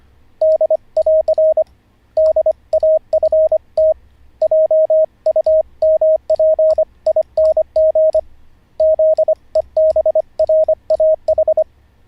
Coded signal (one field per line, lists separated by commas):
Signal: Morse code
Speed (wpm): 25 wpm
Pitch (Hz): 630 Hz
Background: radio noise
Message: D<AR> DAFT JUMPING ZEBRAH